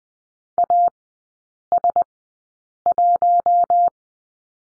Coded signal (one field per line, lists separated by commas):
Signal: Morse code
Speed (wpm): 20 wpm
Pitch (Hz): 700 Hz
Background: none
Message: AS1